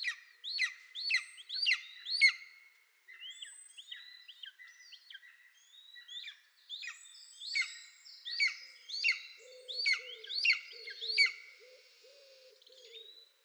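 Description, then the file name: Golden eagle uttering repeated sharp yelps in a loose series, some clustered, with a quieter stretch midway before the calls resume. "Golden Eagle - Aquila chrysaetos"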